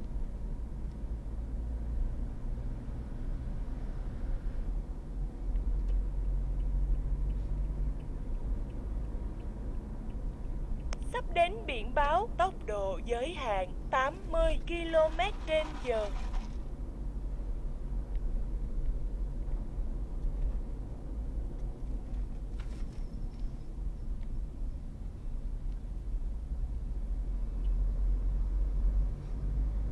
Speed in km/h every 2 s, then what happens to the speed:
46, 50, 52, 57, 62, 62, 62, 55, 54, 52, 47, 39, 34, 35, 41.
0-8 speeds up to 62. 11-23 slows to 34. 26-30 speeds up to 41.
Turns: none.